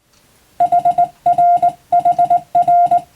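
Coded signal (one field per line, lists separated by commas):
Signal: Morse code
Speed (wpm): 20 wpm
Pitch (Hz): 700 Hz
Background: none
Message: HR HR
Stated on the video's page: Japanese-language (wabun) Morse receiving practice for the national radiotelegraph operator exam, using telegram practice texts.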